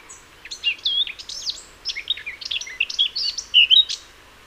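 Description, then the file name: Eurasian blackcap song, a fairly soft, fast scratchy warble mixed with high squeaky notes and a few brief fluty whistles, over low background hiss. "Sylvia atricapilla"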